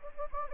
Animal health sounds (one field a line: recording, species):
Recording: mosquito wingbeat signal from an infrared sensor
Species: Anopheles gambiae